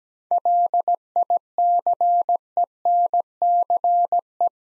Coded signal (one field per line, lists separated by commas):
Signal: Morse code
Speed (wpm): 17 wpm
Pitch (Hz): 700 Hz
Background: none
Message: LICENCE